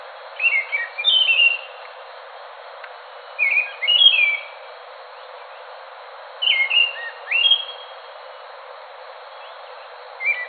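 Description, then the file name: Scaly thrush song: short whistled, warbling phrases with quick rising and falling notes, delivered in bursts every few seconds with quiet gaps between. "anis macan. omkicau"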